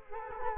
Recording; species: mosquito wingbeat signal from an infrared sensor; Culex quinquefasciatus